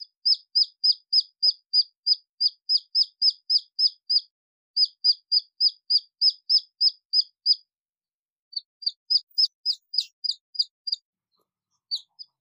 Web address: Tieng Ga rung con goi me lac bay. tieng ga rung con keu goi me lac bay